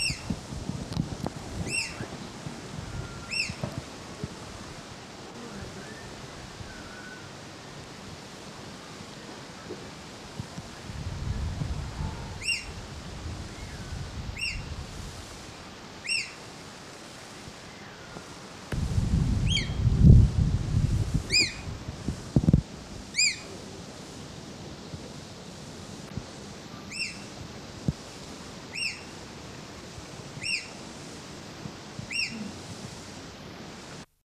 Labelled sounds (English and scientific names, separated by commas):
Ornate Hawk-Eagle (Spizaetus ornatus) call